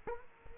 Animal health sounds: mosquito wingbeat signal from an infrared sensor; Culex quinquefasciatus

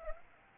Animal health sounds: mosquito wingbeat signal from an infrared sensor; Anopheles arabiensis

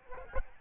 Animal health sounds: mosquito wingbeat signal from an infrared sensor; Aedes albopictus

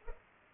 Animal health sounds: mosquito wingbeat signal from an infrared sensor; Culex pipiens

